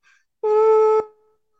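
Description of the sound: A steady synthesized tone, a pitched hum with overtones, simulating tinnitus: a constant sound in the head, first noticed in college.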